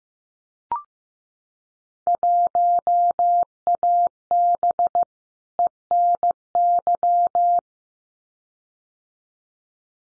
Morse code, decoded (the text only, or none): 1AB ENY